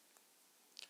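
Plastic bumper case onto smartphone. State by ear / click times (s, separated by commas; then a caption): seated / 0.8 s. A sky blue hard plastic bumper case is pressed onto the frame of an iPhone Air, lined up the right way first. A faint tick comes at 0.2 s, then a sharp snap at 0.8 s with a brief follow-up crackle. The case is seated on the phone.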